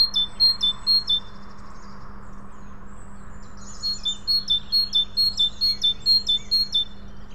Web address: SETE data Parus major